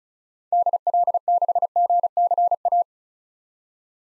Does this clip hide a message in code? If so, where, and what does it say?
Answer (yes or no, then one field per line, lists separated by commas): yes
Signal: Morse code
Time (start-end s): 0.5-2.8 s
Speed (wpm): 36 wpm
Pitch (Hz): 700 Hz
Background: none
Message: DL6GCA